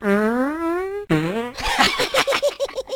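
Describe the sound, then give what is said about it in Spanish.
A long, buzzy fart rises slowly in pitch, followed by a shorter second blast and then a sputtering run of quick, wet pops. No one speaks. “¿Marrano? ¿Por qué? Todo el mundo se tira pedos.”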